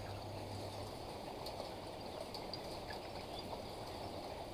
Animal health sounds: poultry house recording; healthy chickens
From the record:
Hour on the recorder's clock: 4

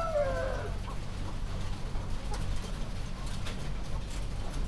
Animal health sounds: poultry house recording; healthy chickens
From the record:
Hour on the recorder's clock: 1

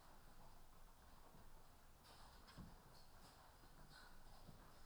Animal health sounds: poultry house recording; healthy chickens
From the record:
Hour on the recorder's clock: 14

